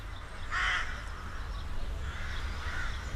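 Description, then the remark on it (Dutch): A rook gives a loud, harsh caw, followed by a couple of fainter, raspy calls over a steady low rumble of background noise. “In de Vroege Vogels TV-uitzending over Zutphen, waar we een tijdje terug waren, gaan we ook op zoek naar de roek. Er zit een enorme kolonie midden in de stad.”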